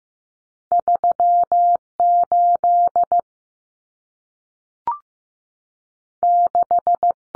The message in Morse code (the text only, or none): 38 6